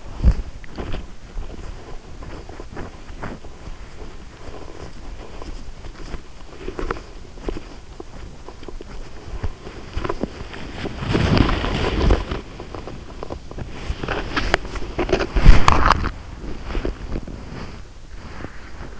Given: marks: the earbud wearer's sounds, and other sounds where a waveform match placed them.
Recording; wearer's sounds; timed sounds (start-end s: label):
sounds in sleep by an in-ear microphone; body movement
0.00-19.00 s: body movement